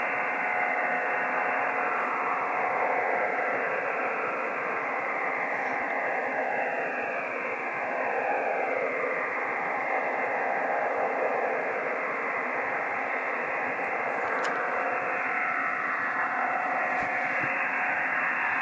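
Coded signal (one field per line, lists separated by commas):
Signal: digital SSTV (DRM)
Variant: EasyPal (DRM)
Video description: Using EasyPal to decode digital Slow Scan TV on 14.233MHz.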